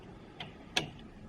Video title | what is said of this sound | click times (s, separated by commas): How to Change DTF Print Head | Just like this, when you hear the snap, you know it's good. | 0.8 s